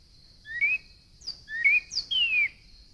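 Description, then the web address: Northern cardinal song: two short rising whistles, then a high note sliding into a long clear downslurred whistle, over a steady high hum. "birds Northern Cardinal"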